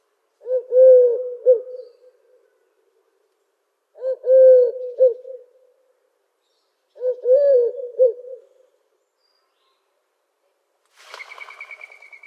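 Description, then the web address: Eurasian collared dove repeating its low three-note coo three times, about every three seconds, followed by a brief higher buzzy sound. "Schulze Peter Eurasian Collared-Dove calls"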